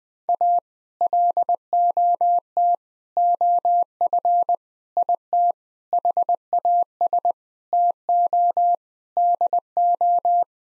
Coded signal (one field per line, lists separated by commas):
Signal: Morse code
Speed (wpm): 20 wpm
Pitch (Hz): 700 Hz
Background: none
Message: A LOT OF IT HAS TO DO